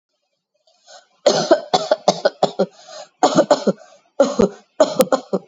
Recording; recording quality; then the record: heavy voluntary cough; excellent, no background noise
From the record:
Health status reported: exposed to COVID-19, no respiratory illness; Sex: female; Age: 35 years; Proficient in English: yes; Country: India